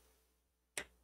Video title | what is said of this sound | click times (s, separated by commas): Installing Klipper and Klipperscreen on a Bigtreetech Raspberry Pad5 | you'll hear it snap in | 0.8 s